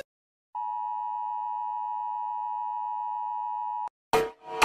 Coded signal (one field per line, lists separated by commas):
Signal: Emergency Alert System (SAME) tones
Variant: 853 and 960 Hz attention tone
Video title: Rating EAS Alarms!